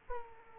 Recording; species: mosquito wingbeat signal from an infrared sensor; Aedes aegypti